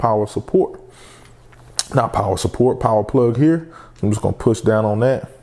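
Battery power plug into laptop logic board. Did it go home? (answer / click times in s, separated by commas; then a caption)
no / none. Someone talks while handling the internal battery power plug of a MacBook Pro, preparing to push it down onto the logic board connector. A brief sharp tick is heard at about 1.8 s amid the talking. Nothing has seated or clicked yet.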